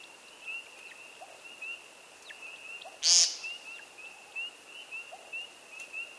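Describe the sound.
American woodcock giving a single short, buzzy nasal call midway through, over a steady high whine and scattered faint chirps.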